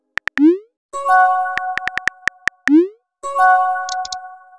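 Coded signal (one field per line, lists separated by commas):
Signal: none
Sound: game music sound effects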